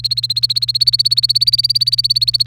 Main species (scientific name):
Serinus canaria